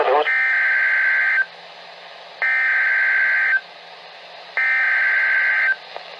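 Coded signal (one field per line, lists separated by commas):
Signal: Emergency Alert System (SAME) tones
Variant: header bursts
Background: speech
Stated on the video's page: Received on NOAA Weather Radio; alerts for northwestern North Carolina and southwestern Virginia counties.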